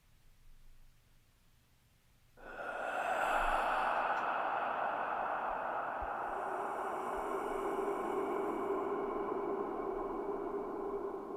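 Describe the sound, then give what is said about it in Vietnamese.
A low rumble gives way to a sudden, loud, heavy breathing sound of a creature inside a cave, a deep airy rush with a hollow tonal edge that holds steady for several seconds. No one speaks. “Vừa đi được nửa hang thì nghe có tiếng như tiếng thở, cùng với hai ngọn đèn xanh lét như là cái ô cửa sổ, nhìn mà chết khiếp.”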